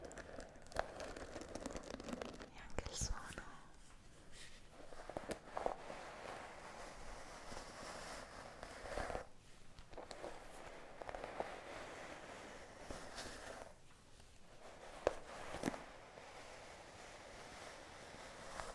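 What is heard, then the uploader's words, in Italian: Brushes and bristles scrape steadily in dry, hissy strokes that fill most of the clip. The scrubbing pauses briefly near 3, 9 and 14 seconds, and sharp taps or clicks punctuate it at a few points, such as around 1, 3, 6 and 15 seconds. Suoni delle spazzole asmr. In queste puntata ti faccio ascoltare i suoni di diverse spazzole e setole.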